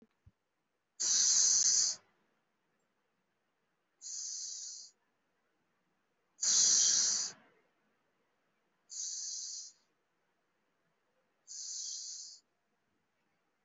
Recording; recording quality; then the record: deep breathing; excellent, no background noise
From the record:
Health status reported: respiratory illness, not identified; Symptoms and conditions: cough, cold, breathing difficulty, sore throat, fatigue, muscle pain, pneumonia, another respiratory illness, another condition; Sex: female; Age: 52 years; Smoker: no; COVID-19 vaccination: one dose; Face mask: worn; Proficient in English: no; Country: India